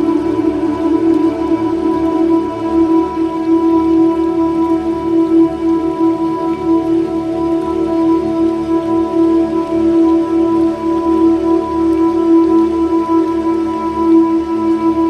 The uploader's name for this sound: Heavenly Music & Graceful River Sounds